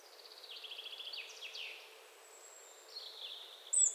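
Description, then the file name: European robin song, a quiet run of thin high notes that descend in short trills, a long drawn whistle, then a lower falling phrase and a sharp final note. "Erithacus rubecula"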